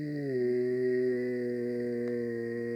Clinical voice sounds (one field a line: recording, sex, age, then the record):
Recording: sustained vowel /i/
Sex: male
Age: 50 to 59 years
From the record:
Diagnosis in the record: amyotrophic lateral sclerosis, bulbar onset 9 months earlier, bulbar signs present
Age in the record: 58 years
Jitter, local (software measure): 0.46%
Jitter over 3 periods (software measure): 0.25%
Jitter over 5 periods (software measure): 0.26%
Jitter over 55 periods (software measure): 0.82%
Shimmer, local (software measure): 5.1%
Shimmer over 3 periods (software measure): 2.8%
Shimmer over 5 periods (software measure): 3.1%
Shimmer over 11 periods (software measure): 4.2%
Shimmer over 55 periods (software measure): 8.1%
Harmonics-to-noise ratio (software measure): 13.3 dB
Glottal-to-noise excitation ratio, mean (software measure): 0.87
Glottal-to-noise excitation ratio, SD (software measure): 0.029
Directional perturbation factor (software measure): 69.2%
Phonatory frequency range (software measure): 0.37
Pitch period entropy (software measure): 1.18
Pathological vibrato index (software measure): 0.26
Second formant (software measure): 1922 Hz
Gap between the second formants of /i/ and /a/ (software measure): 583 Hz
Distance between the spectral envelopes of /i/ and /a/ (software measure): 8.0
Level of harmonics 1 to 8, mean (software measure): -19.7, -10.3, -7.6, -17.6, -28.8, -41.6, -62.5, -56.0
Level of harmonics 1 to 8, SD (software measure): 2.9, 1.3, 5.2, 8.7, 6.3, 8.9, 7.7, 5.8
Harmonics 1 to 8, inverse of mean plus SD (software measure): 0.044, 0.086, 0.078, 0.038, 0.028, 0.020, 0.014, 0.016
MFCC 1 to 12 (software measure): 5.1, 1.4, 8.3, -31.3, -15.8, 6.1, -11.3, 4.3, -0.3, -5.7, -0.9, 5.1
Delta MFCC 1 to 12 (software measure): 0.011, -0.037, -0.016, 0.015, -0.025, -0.003, 0.009, 0.025, 0.040, 0.004, -0.007, -0.025